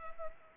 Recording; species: mosquito wingbeat signal from an infrared sensor; Culex pipiens